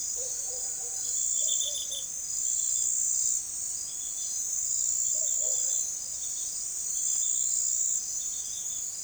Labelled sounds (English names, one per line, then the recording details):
none
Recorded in forest near Pivijay, Magdalena, Colombia, on 4 June 2023 at 03:00
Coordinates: 10.467, -74.380
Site Z5-G034